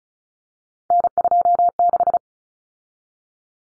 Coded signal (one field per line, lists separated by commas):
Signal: Morse code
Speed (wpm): 34 wpm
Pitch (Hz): 700 Hz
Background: none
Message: N26